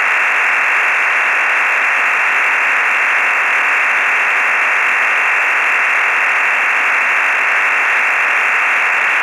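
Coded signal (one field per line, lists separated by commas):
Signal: digital SSTV (DRM)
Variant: EasyPal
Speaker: k 3f MLT full resolve at 10 DB here okay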